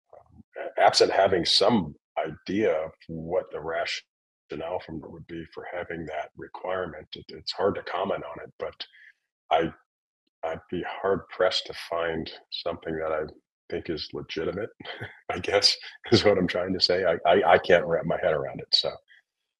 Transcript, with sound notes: absent having some idea what the rationale from it would be for having that requirement, it, it's hard to comment on it. But I, I'd be hard-pressed to find something that I think is legitimate, (laughs) I guess, is what I'm trying to say. I, I, I can't wrap my head around it, so